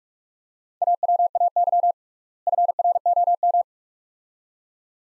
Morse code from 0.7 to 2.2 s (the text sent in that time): AWAY